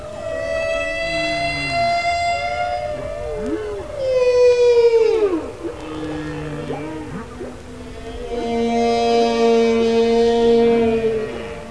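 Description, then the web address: Killer whale calls, long tonal wails with rich harmonics, some sliding sharply downward, with other calls overlapping. "kasatka"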